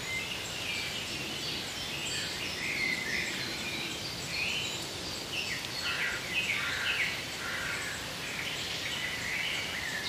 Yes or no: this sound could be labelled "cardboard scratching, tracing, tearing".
no